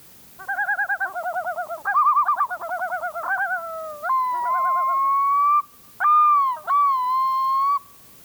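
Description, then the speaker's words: Yellow-billed Loon calling, quavering rapid tremolo notes running into long, rising, pure wailing yodel notes, with brief gaps between drawn-out phrases. A pair announcing its territory on a lake just south of Teshekpuk Lake, Teshekpuk Lake Special Area, on the tundra; the yodel near the end is the loudest call, heard for miles. "This is a pair announcing its territory on a lake just south of Teshekpuk Lake in the Teshekpuk Lake Special Area."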